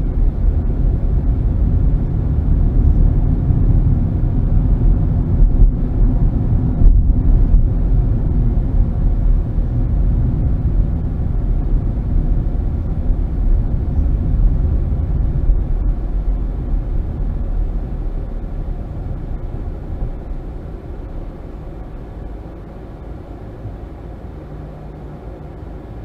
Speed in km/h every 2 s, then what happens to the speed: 44, 47, 50, 48, 47, 44, 37, 29, 23, 16, 6, 0, 0.
0-3 speeds up to 50. 3-21 slows to 0. 21-26 standing.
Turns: none.